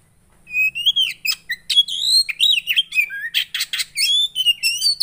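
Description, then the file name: Oriental magpie-robin singing a brisk medley of whistled slurs, buzzy notes and rasps, with a faint low hum underneath. Song of a kacer played so a caged bird becomes agitated and responds. "Burung kacer anda langsung emosi dengar ini"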